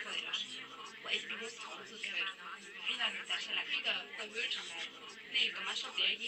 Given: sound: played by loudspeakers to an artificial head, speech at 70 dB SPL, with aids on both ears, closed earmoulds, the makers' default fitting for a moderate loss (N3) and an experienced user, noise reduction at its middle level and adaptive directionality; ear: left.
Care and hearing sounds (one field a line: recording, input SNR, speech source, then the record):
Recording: speech test signal (ISTS) in cocktail-party noise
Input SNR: -3 dB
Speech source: on the right (90 degrees)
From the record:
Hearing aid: class 1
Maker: I